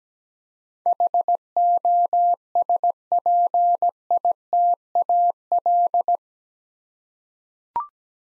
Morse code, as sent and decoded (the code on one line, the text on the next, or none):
.... --- ... .--. .. - .- .-..
HOSPITAL